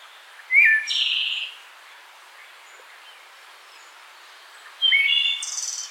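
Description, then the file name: Wood thrush singing two flute-like phrases, each opening with low notes and finishing in a high shimmering trill, separated by a pause of roughly three seconds. "Hylocichla mustelina - Wood Thrush"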